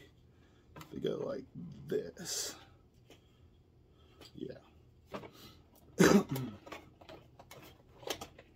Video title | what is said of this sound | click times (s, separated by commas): Star Wars Haslab Exclusive Mandalorian Razor Crest! Unboxing - Assembly - First Impressions! | get it in there you hear that firm click oh they're on ratchet so | 8.1 s